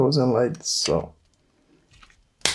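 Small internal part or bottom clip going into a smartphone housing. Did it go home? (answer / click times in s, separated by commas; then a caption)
yes / 2.4 s. Someone talks while reassembling an HTC Touch Diamond 2 after cleaning its digitizer, working on the bottom parts, and pushes a small internal part or bottom clip into the smartphone housing. After a quiet stretch with a few faint ticks, a sharp, loud snap at 2.5 s marks the part clicking into place, fully seated.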